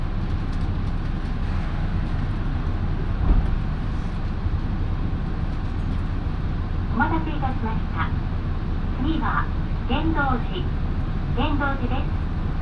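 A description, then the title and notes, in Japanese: A local train on the Minobu Line runs with a steady, low rumble of motor and wheels that holds even for the whole stretch. One small knock comes near three seconds. From about seven seconds on, a voice talks in short bursts over the noise. 身延線 富士→芝川。身延線を各駅停車で乗り通します。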